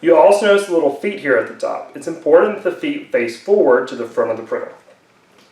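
Someone talks while handling a new plastic ribbon cartridge for an NXT Elite card printer, with its little feet at the top facing forward toward the front of the printer. Only speech is heard, fading to quiet at the end. Nothing has seated or clicked yet.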